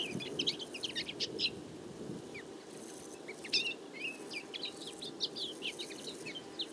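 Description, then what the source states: Common Linnet twittering: a dense, varied jumble of quick chirps and short rising notes from several birds, some louder bursts, with steady low background noise. Flock of about fifty feeding in a field, late summer; calls, flight calls and autumn babbling; recorded for an hour with a mono parabolic microphone.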